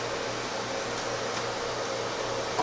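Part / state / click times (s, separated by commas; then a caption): memory module into workstation DIMM slot / not seated / none. A 4 GB Crucial memory stick, part of a matching kit, is lined up and pushed into a DIMM slot on the motherboard of a Dell Precision T5400 workstation, where retaining clips will snap shut. A steady, broadband fan-like whoosh with a low hum runs throughout. Nothing has seated or clicked yet.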